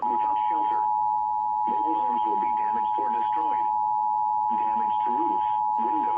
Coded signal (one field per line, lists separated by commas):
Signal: Emergency Alert System (SAME) tones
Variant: 853 and 960 Hz attention tone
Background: speech